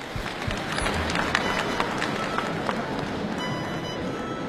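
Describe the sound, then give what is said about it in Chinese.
An audience at the opening ceremony of a pingju opera festival applauds steadily as veteran pingju artist Hua Shulan is welcomed, with dense overlapping claps forming a continuous crackling wash that holds an even loudness for the whole stretch. No voices stand out. “观众朋友们，老一辈评剧表演艺术家、久负盛名的花派创始人花淑兰老师也来到了我们开幕式的现场，掌声有请。”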